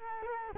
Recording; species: mosquito wingbeat signal from an infrared sensor; Culex quinquefasciatus